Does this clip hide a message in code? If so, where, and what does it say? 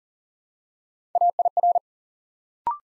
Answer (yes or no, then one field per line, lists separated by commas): yes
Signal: Morse code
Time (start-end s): 1.1-1.8 s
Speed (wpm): 38 wpm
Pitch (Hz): 700 Hz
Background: none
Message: AIR